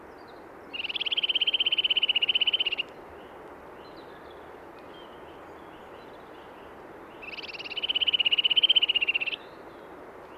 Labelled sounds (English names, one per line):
Eurasian Nuthatch song